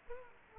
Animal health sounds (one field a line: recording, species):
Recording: mosquito wingbeat signal from an infrared sensor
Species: Aedes aegypti